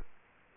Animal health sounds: mosquito wingbeat signal from an infrared sensor; Culex quinquefasciatus

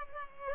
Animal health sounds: mosquito wingbeat signal from an infrared sensor; Culex pipiens

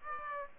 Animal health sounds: mosquito wingbeat signal from an infrared sensor; Aedes aegypti

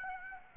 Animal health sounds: mosquito wingbeat signal from an infrared sensor; Aedes aegypti

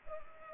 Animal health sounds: mosquito wingbeat signal from an infrared sensor; Culex pipiens

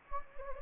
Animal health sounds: mosquito wingbeat signal from an infrared sensor; Anopheles gambiae

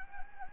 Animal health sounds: mosquito wingbeat signal from an infrared sensor; Anopheles gambiae

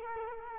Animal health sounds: mosquito wingbeat signal from an infrared sensor; Culex quinquefasciatus

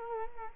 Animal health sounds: mosquito wingbeat signal from an infrared sensor; Culex quinquefasciatus

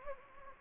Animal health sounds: mosquito wingbeat signal from an infrared sensor; Anopheles gambiae

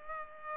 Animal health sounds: mosquito wingbeat signal from an infrared sensor; Culex pipiens

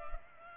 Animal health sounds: mosquito wingbeat signal from an infrared sensor; Culex pipiens

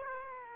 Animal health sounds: mosquito wingbeat signal from an infrared sensor; Aedes aegypti

